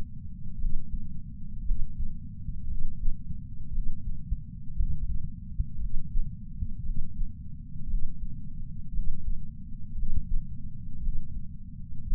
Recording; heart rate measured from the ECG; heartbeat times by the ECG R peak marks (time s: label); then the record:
heart sounds by patch sensor on the chest; 57 bpm
0.56 s: heartbeat
1.62 s: heartbeat
2.65 s: heartbeat
3.69 s: heartbeat
4.74 s: heartbeat
5.77 s: heartbeat
6.81 s: heartbeat
7.85 s: heartbeat
8.90 s: heartbeat
9.93 s: heartbeat
10.98 s: heartbeat
12.04 s: heartbeat
From the record:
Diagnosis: coronary artery disease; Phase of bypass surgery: postoperative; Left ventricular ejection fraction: 61.7%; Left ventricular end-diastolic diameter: 51 mm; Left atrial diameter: 37 mm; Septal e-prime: 6.5 cm/s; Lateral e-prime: 9.2 cm/s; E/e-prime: 11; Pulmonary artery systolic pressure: 22 mmHg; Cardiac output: 4.8 L/min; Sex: male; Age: 59 years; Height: 168 cm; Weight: 81 kg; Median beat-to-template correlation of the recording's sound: 0.85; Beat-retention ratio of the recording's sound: 1.00